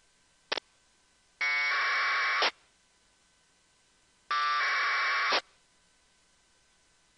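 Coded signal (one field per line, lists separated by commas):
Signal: packet radio (AX.25, as in APRS)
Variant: AFSK 1200 baud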